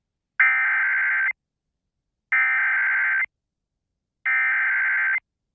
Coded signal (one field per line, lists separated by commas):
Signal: Emergency Alert System (SAME) tones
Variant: header bursts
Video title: H-TOWN HAVOC | EAS Alerts from 1/24/2023 (EAS #1769-1801)